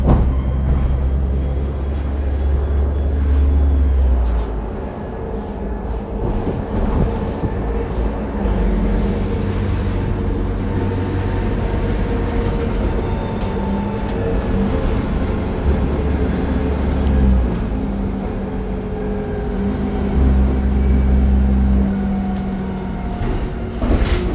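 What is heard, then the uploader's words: A bus rumbles steadily from inside, its low engine drone rising and falling with speed, faint voices and rattles scattered underneath throughout. Public Transport in Istanbul. BredaMenarinibus Avancity+ CNG (Karsan).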